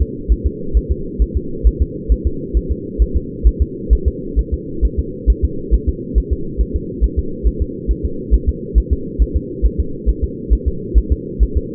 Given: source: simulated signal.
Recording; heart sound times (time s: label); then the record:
fetal heart sounds
0.02 s: S2
0.32 s: S1
0.47 s: S2
0.77 s: S1
0.91 s: S2
1.22 s: S1
1.37 s: S2
1.67 s: S1
1.82 s: S2
2.12 s: S1
2.27 s: S2
2.57 s: S1
2.72 s: S2
3.02 s: S1
3.17 s: S2
3.47 s: S1
3.62 s: S2
3.93 s: S1
4.08 s: S2
4.39 s: S1
4.54 s: S2
4.85 s: S1
4.99 s: S2
5.30 s: S1
5.44 s: S2
5.74 s: S1
5.89 s: S2
6.18 s: S1
6.33 s: S2
6.61 s: S1
6.76 s: S2
7.04 s: S1
7.19 s: S2
7.47 s: S1
7.62 s: S2
7.91 s: S1
8.05 s: S2
8.34 s: S1
8.49 s: S2
8.78 s: S1
8.93 s: S2
9.22 s: S1
9.37 s: S2
9.66 s: S1
9.80 s: S2
10.09 s: S1
10.24 s: S2
10.53 s: S1
10.68 s: S2
10.98 s: S1
11.12 s: S2
11.43 s: S1
11.57 s: S2
From the record:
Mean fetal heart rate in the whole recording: 135 bpm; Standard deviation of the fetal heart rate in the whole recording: 3 bpm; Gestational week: 34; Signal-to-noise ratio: -4.3 dB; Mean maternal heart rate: 72 bpm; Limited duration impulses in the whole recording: absent